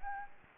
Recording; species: mosquito wingbeat signal from an infrared sensor; Aedes aegypti